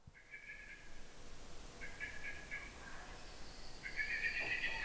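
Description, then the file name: Common blackbird calls: short, harmonic, buzzy notes in three bursts about two seconds apart, joined near the end by thin high notes, against a steady low background hiss. "Turdus merula"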